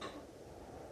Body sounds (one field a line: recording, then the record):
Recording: coughing mixed with background sound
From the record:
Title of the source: female coughing - coughing sound effects girl